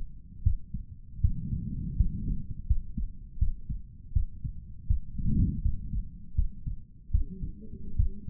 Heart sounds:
heart sounds by stethoscope; 80 bpm
0.42 s: heartbeat
1.20 s: heartbeat
1.96 s: heartbeat
2.66 s: heartbeat
3.38 s: heartbeat
4.12 s: heartbeat
4.87 s: heartbeat
5.61 s: heartbeat
6.35 s: heartbeat
7.11 s: heartbeat
7.96 s: heartbeat
From the record:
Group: healthy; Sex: male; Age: 35 years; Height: 178 cm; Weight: 64 kg

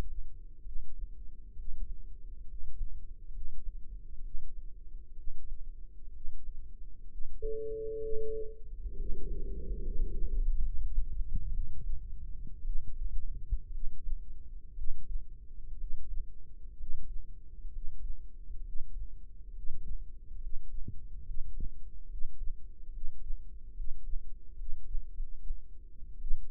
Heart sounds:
heart sounds by microphone in the left ear; 66 bpm
0.60 s: heartbeat
1.52 s: heartbeat
2.43 s: heartbeat
3.29 s: heartbeat
4.19 s: heartbeat
5.12 s: heartbeat
6.09 s: heartbeat
7.06 s: heartbeat
7.98 s: heartbeat
8.93 s: heartbeat
9.79 s: heartbeat
10.58 s: heartbeat
11.49 s: heartbeat
12.62 s: heartbeat
13.69 s: heartbeat
14.72 s: heartbeat
15.74 s: heartbeat
16.74 s: heartbeat
17.68 s: heartbeat
18.60 s: heartbeat
19.49 s: heartbeat
20.36 s: heartbeat
21.21 s: heartbeat
22.05 s: heartbeat
22.88 s: heartbeat
23.71 s: heartbeat
24.53 s: heartbeat
25.11 s: heartbeat
26.17 s: heartbeat
From the record:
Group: healthy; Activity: rest 0-9 s, breath hold 9-27 s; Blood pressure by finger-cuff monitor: 101/67 mmHg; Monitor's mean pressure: 78 mmHg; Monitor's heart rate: 67 bpm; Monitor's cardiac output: 5.2 L/min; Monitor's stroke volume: 79 mL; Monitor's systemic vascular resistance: 1080 dyn s/cm5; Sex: female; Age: 22 years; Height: 171 cm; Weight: 65.6 kg

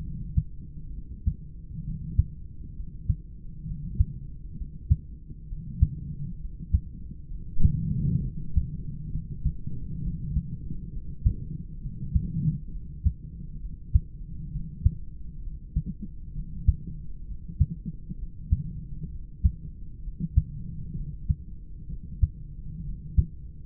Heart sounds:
heart sounds by stethoscope; 66 bpm
0.90 s: heartbeat
1.81 s: heartbeat
2.72 s: heartbeat
3.62 s: heartbeat
4.53 s: heartbeat
5.44 s: heartbeat
6.36 s: heartbeat
7.27 s: heartbeat
8.18 s: heartbeat
9.08 s: heartbeat
9.98 s: heartbeat
10.88 s: heartbeat
11.77 s: heartbeat
12.68 s: heartbeat
13.57 s: heartbeat
14.48 s: heartbeat
15.39 s: heartbeat
16.31 s: heartbeat
17.23 s: heartbeat
18.14 s: heartbeat
19.07 s: heartbeat
19.99 s: heartbeat
20.92 s: heartbeat
21.85 s: heartbeat
22.80 s: heartbeat
From the record:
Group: heart failure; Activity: rest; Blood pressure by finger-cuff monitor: 112/71 mmHg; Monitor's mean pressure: 88 mmHg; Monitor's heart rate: 66 bpm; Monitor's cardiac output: 4.2 L/min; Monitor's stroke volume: 64 mL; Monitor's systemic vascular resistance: 1520 dyn s/cm5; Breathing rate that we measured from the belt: 29 breaths a minute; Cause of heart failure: idiopathic cardiomyopathy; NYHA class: 2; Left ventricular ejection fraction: 17%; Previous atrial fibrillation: present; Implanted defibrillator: present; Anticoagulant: edoxaban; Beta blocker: bisoprolol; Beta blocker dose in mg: 7.5 twice daily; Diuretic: furosemide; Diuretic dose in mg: 20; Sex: male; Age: 63 years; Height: 160 cm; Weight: 69 kg

